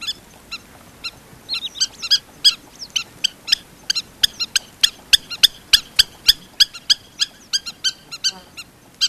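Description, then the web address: Southern lapwing calls: sharp, harsh repeated notes with harmonics, delivered rapidly and unevenly, sometimes overlapping as several birds call together. "earth naturelibrary assets s so southern lapwing"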